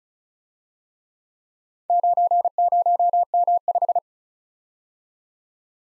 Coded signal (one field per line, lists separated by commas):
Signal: Morse code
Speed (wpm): 35 wpm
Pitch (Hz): 700 Hz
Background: none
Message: 90M5